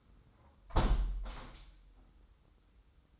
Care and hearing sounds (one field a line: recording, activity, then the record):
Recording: daily activity, microphone in the room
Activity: close window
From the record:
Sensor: 3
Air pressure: 990.3 hPa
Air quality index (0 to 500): 182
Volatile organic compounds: 1000 ppm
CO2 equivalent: 5909 ppm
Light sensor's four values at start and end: 34/80/32/30 and 34/80/32/30